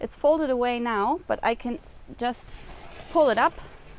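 Someone talks while preparing to pull up the folded-away leaf of the cockpit table on a Hanse 458 sailing yacht. The leaf is being handled but has not yet clicked or locked into its raised position.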